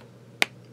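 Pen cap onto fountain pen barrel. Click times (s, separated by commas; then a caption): 0.4 s. A snap-on cap is pushed onto the barrel of a Lamy Aion fountain pen and seats with one sharp, bright snap at 0.4 s. The snap stands out clearly above a quiet, steady background.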